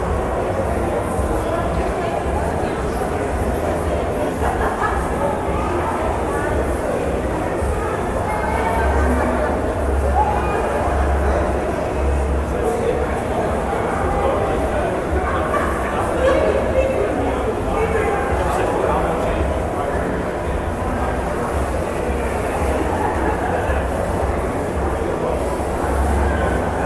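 Shopping mall ambience, with a steady wash of overlapping voices and crowd chatter running the whole time. A low rumbling hum sits underneath throughout, with brief clinks and footsteps now and then, and the overall level stays even without pauses.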